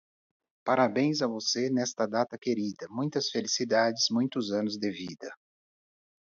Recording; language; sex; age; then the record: short text; Brazilian Portuguese; male; 40 to 49 years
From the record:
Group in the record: control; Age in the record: 49 years